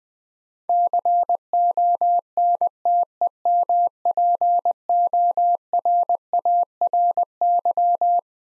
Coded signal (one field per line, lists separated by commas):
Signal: Morse code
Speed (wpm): 20 wpm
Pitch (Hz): 700 Hz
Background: none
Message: CONTEMPORARY